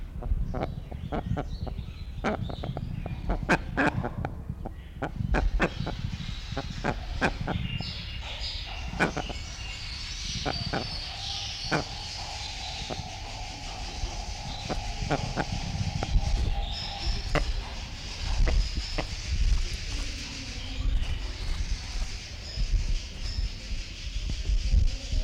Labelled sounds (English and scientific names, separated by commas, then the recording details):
Dark-winged Trumpeter (Psophia viridis) call
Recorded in captivity
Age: adult
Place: Zoo Berlin, Berlin, DE
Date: 1994-05-21 12:22
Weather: heiter, 12-16°C
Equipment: Marantz CP 430, Sennheiser ME 80, Kopie Uher Variocord 263
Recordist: Tembrock, Günter
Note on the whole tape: Kurzlaute am Gitter (auf Beobachter bezogen) und dunkle "Luftsack-Laute"